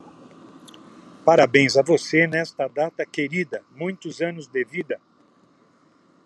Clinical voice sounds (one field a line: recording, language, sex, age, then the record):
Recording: short text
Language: Brazilian Portuguese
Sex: male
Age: 70 to 79 years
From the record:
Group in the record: control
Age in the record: 71 years